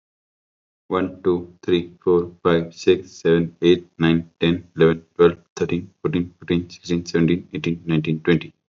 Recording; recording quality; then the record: counting at a fast pace; excellent, no background noise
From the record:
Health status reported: healthy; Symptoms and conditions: none ticked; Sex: male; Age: 22 years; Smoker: not ticked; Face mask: not worn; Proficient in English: yes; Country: India